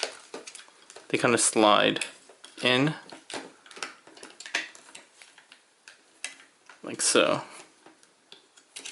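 Someone talks while handling a GCreations Shuraking SRK-01 Thunderous transforming robot figure, sliding a plastic toe/tail tab into its mating part with small plastic ticks and taps. Nothing has seated or snapped home yet.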